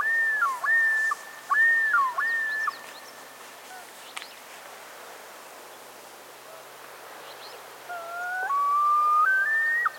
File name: Gavia immer - Great Northern Loon